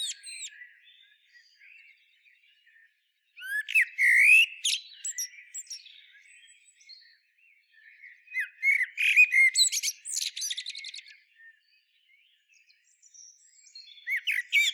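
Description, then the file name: Common blackbird singing with short phrases spaced several seconds apart: mellow whistled notes run into scratchy, high-pitched chattering flourishes, with quieter twitters between. "Turdus merula"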